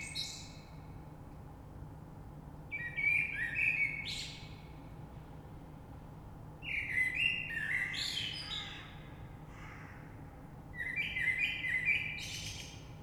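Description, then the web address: Common blackbird song, a trailing twitter then three full phrases of fluted notes breaking into squeaky high chatter, spaced about four seconds apart. Recorded 3 March 2020. "oiseaux Rush Merle 3-3-2020"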